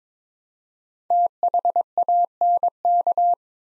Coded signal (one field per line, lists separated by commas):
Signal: Morse code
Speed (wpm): 23 wpm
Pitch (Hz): 700 Hz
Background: none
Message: THANK